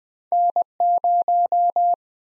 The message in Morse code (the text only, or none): N0